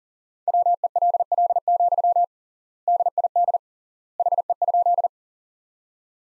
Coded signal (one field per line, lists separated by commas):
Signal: Morse code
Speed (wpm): 37 wpm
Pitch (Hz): 700 Hz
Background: none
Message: WELL, DID HE?